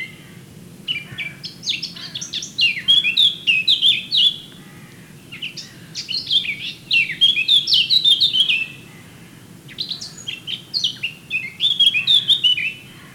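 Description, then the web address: Eurasian blackcap singing three lively warbling phrases of rapid, varied, clear whistled notes, with brief gaps between them. "SETE data Sylvia atricapilla"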